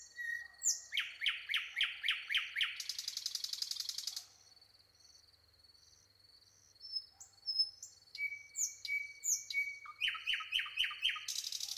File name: Luscinia megarhynchos